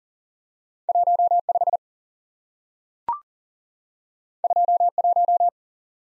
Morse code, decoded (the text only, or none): 1 5 2 1